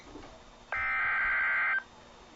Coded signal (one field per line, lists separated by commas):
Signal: Emergency Alert System (SAME) tones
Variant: header bursts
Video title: EAS 16 - SVR White AR